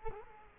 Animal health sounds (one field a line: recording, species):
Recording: mosquito wingbeat signal from an infrared sensor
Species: Culex quinquefasciatus